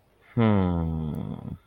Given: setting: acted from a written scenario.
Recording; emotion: vocal sound without words; contempt